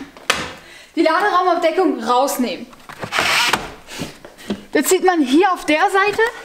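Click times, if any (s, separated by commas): 0.3 s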